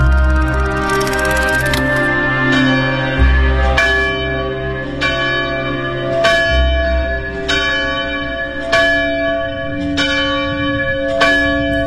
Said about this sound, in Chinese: 那个时候，每天清晨都能听到从修道院里传来当当当的敲钟声